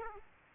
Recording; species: mosquito wingbeat signal from an infrared sensor; Aedes aegypti